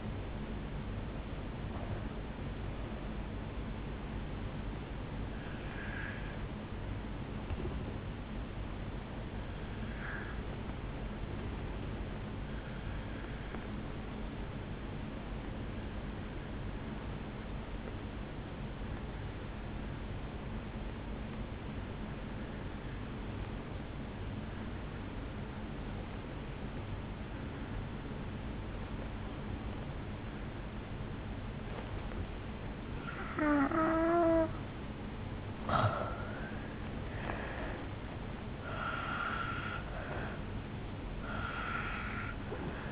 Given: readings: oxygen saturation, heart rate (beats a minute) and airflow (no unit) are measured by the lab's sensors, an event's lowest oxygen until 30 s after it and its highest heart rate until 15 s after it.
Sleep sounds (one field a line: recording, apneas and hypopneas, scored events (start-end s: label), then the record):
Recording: breathing in sleep by a voice recorder at the bedside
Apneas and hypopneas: 1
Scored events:
13.00-29.00 s: obstructive apnea (N1, oxygen 96% highest, then 82% lowest, heart rate 55 at the start, 71 highest)
18.00-42.92 s: new sleep stage, N2 (light sleep)
From the record:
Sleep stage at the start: N1 (lightest sleep)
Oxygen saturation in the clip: 82 to 96%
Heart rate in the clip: 55 to 75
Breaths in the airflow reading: 8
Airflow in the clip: -12.4 to 9.3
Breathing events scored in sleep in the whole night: 449 in 7.0 hours asleep